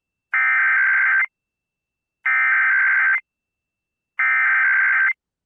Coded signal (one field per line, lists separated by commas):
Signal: Emergency Alert System (SAME) tones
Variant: header bursts